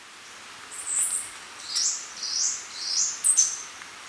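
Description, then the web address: Choco Warbler: a string of soft, high notes repeated at an uneven pace, ending with a sharper double note. Ecuador. "Birds of Ecuador Choco Warbler"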